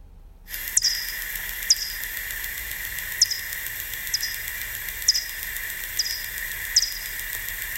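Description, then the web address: Bat echolocation calls begin after a short silence: crisp falling chirps repeated roughly every second over a steady hiss. "fledermaus hoerbeispiele-fledermausrufe fledermausruf"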